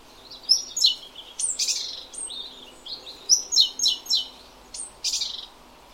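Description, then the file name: Great tit giving rapid series of high, sharp chipping and buzzy notes, several quick bursts packed into a few seconds. "Parus major"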